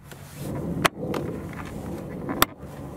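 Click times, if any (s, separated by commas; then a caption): 0.9 s, 2.4 s. A smoked plastic LED Raptor light housing is pushed into the front grille of a 2019–2024 Toyota RAV4 SUV until its four plastic clips snap in place. Two sharp clicks are heard at 0.9 s and 2.4 s over a steady low background noise. The light is fully seated and held securely without tape or glue.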